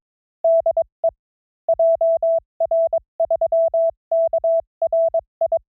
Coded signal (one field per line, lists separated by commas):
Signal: Morse code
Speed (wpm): 22 wpm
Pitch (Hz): 660 Hz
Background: none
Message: DE JR3KRI